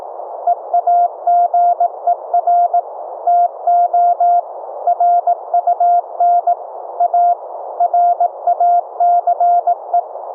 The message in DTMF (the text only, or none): none